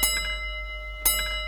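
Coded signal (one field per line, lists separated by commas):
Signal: bell signal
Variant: railway block bell code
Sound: two clear bell strikes about a second apart, ringing on between them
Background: small room, faint clatter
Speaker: And when Sam replies to that two one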